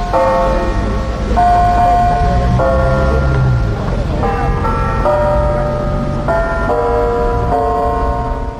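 A church clock's electronic chimes ring out a slow Marian hymn melody, one sustained bell-like note after another in steady succession, over a constant low rumble of background noise.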